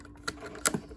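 The upper leg panel of a plastic Ocular Max PS-23 Ignis transforming robot toy is lined up with the hole in the upper leg and pushed in so its locking tabs seat. Sharp plastic clicks are heard at 0.3 s and 0.7 s, with a softer tick just after. The panel locks into place.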